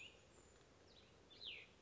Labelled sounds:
Cassin's Vireo (Vireo cassinii)
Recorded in Sonoma County, California

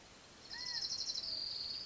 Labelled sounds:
California Quail (Callipepla californica)
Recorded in Sonoma County, California

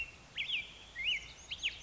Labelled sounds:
Black-headed Grosbeak (Pheucticus melanocephalus)
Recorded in Sonoma County, California

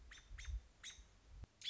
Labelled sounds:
American Robin (Turdus migratorius)
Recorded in Sonoma County, California

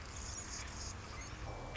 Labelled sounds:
Anna's Hummingbird (Calypte anna)
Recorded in Sonoma County, California

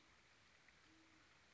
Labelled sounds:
Great Horned Owl (Bubo virginianus)
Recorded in Sonoma County, California

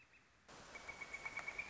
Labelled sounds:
Northern Flicker (Colaptes auratus)
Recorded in Sonoma County, California

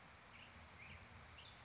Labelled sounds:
California Towhee (Melozone crissalis)
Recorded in Sonoma County, California

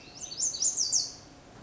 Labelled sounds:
Lazuli Bunting (Passerina amoena)
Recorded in Sonoma County, California

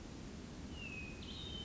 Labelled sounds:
Hermit Thrush (Catharus guttatus)
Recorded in Sonoma County, California

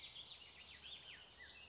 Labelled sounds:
Bullock's Oriole (Icterus bullockii)
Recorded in Sonoma County, California

